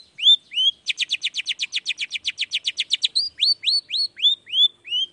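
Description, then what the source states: Long-tailed shrike song: rising whistled notes, then a fast run of about twenty buzzy chattering notes, ending in repeated upslurred whistles. In the morning, with 'toet toet' song variations, meant to stimulate a reluctant shrike into singing.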